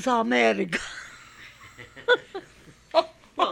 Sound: she laughs

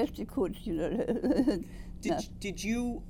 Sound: chuckles

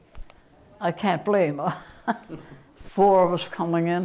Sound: chuckles

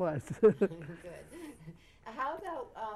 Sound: chuckles

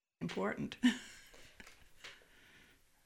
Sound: she laughs

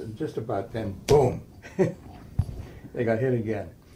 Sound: laughs

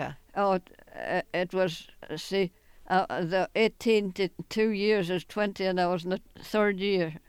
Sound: none

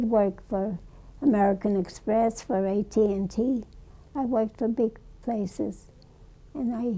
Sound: none

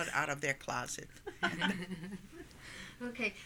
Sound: they laugh

